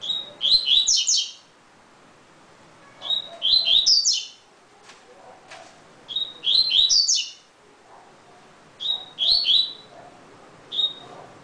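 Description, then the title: Double-collared seedeater song, repeated phrases of rapid high whistles sweeping up and down every few seconds. "Canto Coleiro"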